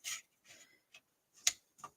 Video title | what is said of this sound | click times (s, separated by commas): Embossing Fun! | and then it kind of just snaps in place for you. | 1.5 s